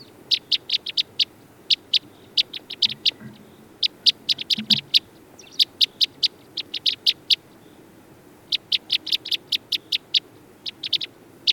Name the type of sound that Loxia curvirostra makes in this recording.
call